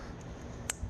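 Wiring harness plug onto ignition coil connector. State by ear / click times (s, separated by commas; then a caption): seated / 0.7 s. A wiring harness electrical plug is pushed onto the ignition coil pack connector on the engine of a 2017 Ford Explorer during a spark plug and coil pack replacement. A short, sharp click is heard at 0.7 s above a steady low background. The connector clicks in and is seated.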